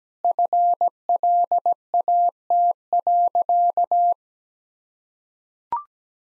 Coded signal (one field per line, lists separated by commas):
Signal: Morse code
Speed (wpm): 17 wpm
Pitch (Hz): 700 Hz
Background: none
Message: FLAT.